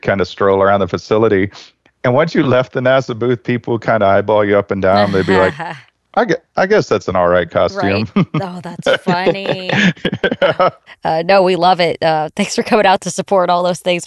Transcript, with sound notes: We’d kind of stroll around the facility, and once you left the NASA booth, people kind of eyeball you up and down. They’d be like, I guess that’s an alright costume.
[Laughs] Right, oh that’s funny. No, we love it. Thanks for coming out to support all those things.